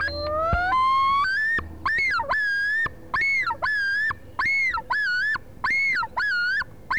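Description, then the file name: Common loon opening with a long rising wail, then a steady series of ringing, repeated arched notes. "Loon Piper LBearskin"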